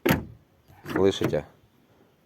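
A Renault car door is shut without its rubber lock damper (bump stop) fitted, and the latch closes onto its striker with a sharp metallic clunk at 0.1 s. The latch catches and seats, and someone then talks.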